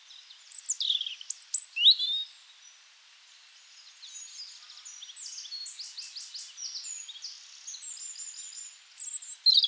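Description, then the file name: European robin song opening with loud, high tumbling notes, followed by softer continuous high warbling and trills, then a sharp phrase at the end. "Erithacus rubecula"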